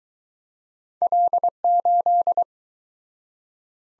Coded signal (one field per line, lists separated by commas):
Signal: Morse code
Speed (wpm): 21 wpm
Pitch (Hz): 700 Hz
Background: none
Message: L8